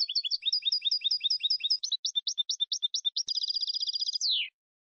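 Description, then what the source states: European goldfinch song of varied phrases: quick paired chirps, a slower series of sharp notes, a rapid buzzy trill, ending in a descending slurred note. Clean goldfinch song from a CD, for copying in song training.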